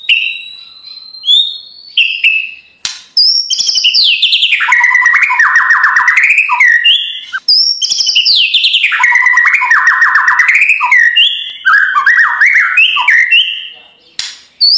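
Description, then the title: White-rumped shama singing continuously, with sweet whistled notes sliding into long rapid rolling trills that rise and fall over the phrase. Full rolling ('ngerol') and 'nembak' style song for training (masteran). "Masteran Murai Batu Full Ngerol Nembak"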